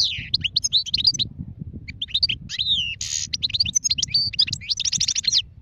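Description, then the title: Goldfinch song, an unbroken stream of high, sweet twittering phrases, buzzy notes and rapid trills with a faint low hum underneath. Wild goldfinch; singing, described as the most beautiful song. "اجمل غناءالحسون الخلويchant chardonneret sauvage"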